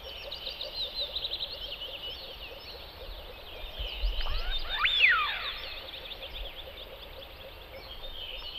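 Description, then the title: Eurasian wigeon flock calling, a steady wash of thin whistles and chatter with one clearer rising-falling whistle near the middle. "Haapana"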